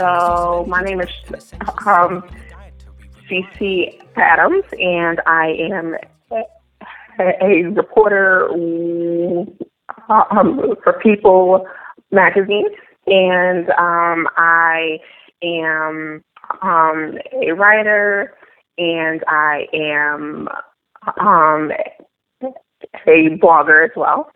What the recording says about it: A young woman with a stutter. She can rap and sing with no hint of her stutter. I am 24. I first started to stutter when I was about 8.